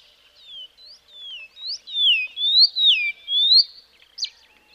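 Karoo scrub robin song: a series of clear, slurred whistles, some falling and some rising in pitch, ending in a sharp chip.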